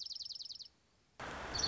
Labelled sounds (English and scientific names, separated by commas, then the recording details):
Dark-eyed Junco (Junco hyemalis)
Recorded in Sonoma County, California